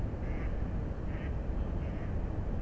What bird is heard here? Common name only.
Mallard